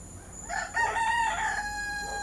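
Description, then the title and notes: Rooster gives one loud cock-a-doodle-doo. Roosters in Port-au-Prince, Haiti; recorded November 2014. "Port-au-Prince ne se tait jamais. De l’aube à l’aube, 2 millions d’habitants, de coqs et de chiens déambulent sur des trottoirs invisibles. Le Bruit et la fureur ASBL, ARTE Radio"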